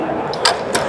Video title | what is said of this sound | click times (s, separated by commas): BLADE SHOW 2025 CUTTING EDGE DESIGNS Prototypes / New Knives You Should See Coming!! PT 1 | Nice click to it. | 0.5 s